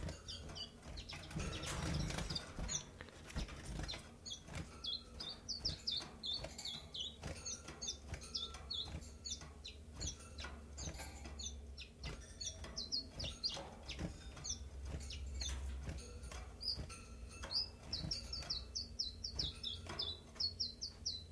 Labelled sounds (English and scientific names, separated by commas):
Common Chiffchaff (Phylloscopus collybita)